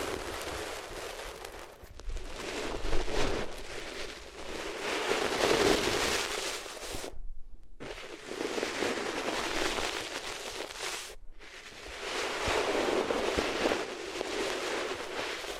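Rubbing ears on different materials makes a dense, rough scratching hiss in long swells, broken by two sudden silences near seven and eleven seconds.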